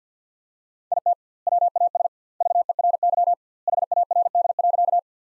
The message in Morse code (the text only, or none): IT WAS VERY HARD.